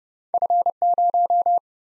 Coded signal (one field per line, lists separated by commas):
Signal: Morse code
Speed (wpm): 30 wpm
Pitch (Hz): 700 Hz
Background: none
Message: F0